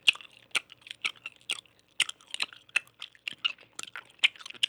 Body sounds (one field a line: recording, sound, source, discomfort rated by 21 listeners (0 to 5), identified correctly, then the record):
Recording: sound for misophonia research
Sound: chewing gum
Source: oral or nasal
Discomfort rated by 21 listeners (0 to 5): mean 3.02, standard deviation 1.68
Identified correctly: in 42 of 42 trials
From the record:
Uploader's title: loud-gum-chewing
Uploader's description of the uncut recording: Loud gum chewing sound, recorded close to microphone.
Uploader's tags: loud, chewing, gum, rude, chewing-with-mouth-open, gross